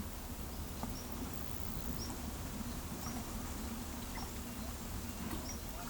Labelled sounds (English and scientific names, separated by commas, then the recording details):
none
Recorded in pastures near Pivijay, Magdalena, Colombia, on 1 June 2023 at 12:30
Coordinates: 10.456, -74.369
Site P6-G026